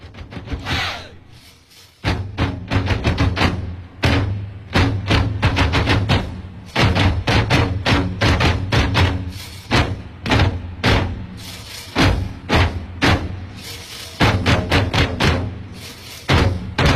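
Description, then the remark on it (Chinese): Taiping drums beaten in a loud, driving rhythm, with rapid clusters of sharp strokes and brief pauses, the booming hits carrying a bright metallic rattle over about seventeen seconds, with no talking. “在太平鼓铿锵有力的这个声音中，我们一会儿见。”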